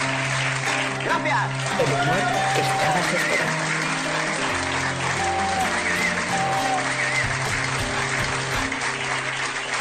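Steady audience applause, a dense unbroken clatter of clapping that holds at an even loudness for about ten seconds, with tonal, music-like sound running underneath it.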